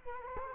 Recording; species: mosquito wingbeat signal from an infrared sensor; Culex quinquefasciatus